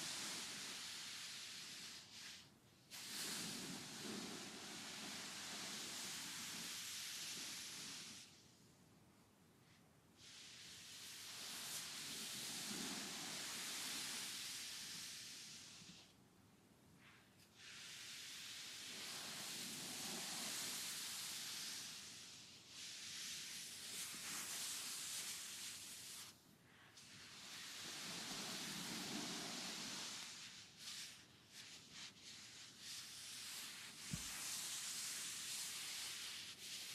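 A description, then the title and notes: A full body massage with long, airy swishes of hands rubbing, each stroke lasting several seconds before a short pause, repeating at a slow, even pace. A faint steady hum sits underneath, and a single sharp tap sounds near the end. TimASMR-Blissful Full Body Massage & Spa Treatment.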